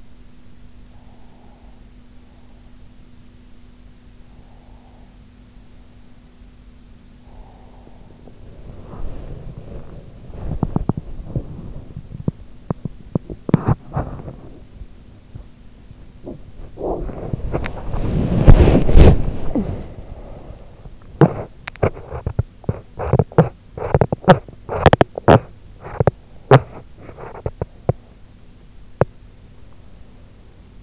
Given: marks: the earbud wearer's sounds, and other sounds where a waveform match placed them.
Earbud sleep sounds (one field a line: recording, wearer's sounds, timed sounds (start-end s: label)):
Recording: sounds in sleep by an in-ear microphone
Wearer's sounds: breath, teeth grinding, body movement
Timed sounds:
0.87-2.46 s: breath
3.87-5.87 s: breath
6.87-8.87 s: breath
8.87-15.33 s: teeth grinding
16.87-20.87 s: body movement
20.87-29.61 s: teeth grinding